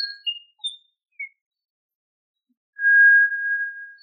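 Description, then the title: Tinamou whistle: a few short high chirps at first, then a pause and one long, level, pure whistled note lasting over a second. "Familia Tinamidae - Quail - Puyuh"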